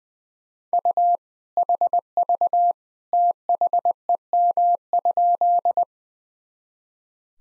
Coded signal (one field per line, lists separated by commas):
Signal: Morse code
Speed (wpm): 20 wpm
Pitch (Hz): 700 Hz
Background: none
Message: U HV THEM?